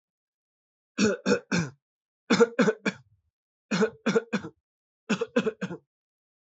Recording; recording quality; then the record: shallow voluntary cough; excellent, no background noise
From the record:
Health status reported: healthy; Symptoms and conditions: cough, cold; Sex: male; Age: 39 years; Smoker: not ticked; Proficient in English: yes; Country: India